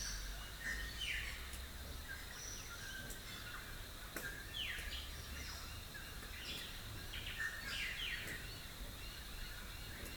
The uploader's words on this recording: Rural Dawn Chorus, Rathdowney, Queensland. It's recorded using two microphones placed as if they were human ears. Today it's the Dawn Chorus in the tiny town of Rathdowney, Queensland.